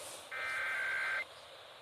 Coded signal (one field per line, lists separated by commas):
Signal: Emergency Alert System (SAME) tones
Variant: header bursts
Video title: RMT's and RWT's (EAS 74-80)